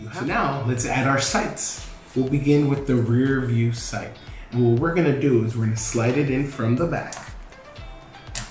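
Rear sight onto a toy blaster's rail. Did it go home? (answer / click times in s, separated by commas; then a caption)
yes / 8.4 s. The rear sight of a Gel Snipers Combat model gel blaster is slid onto the top rail from the back until it clicks into a rail detent. Someone talks over background music, and a sharp click at 8.4 s marks the sight seating on the rail.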